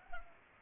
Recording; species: mosquito wingbeat signal from an infrared sensor; Culex pipiens